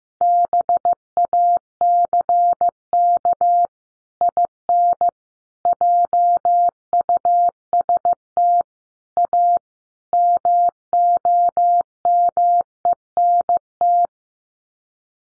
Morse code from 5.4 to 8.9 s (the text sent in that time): JUST